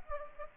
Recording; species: mosquito wingbeat signal from an infrared sensor; Anopheles gambiae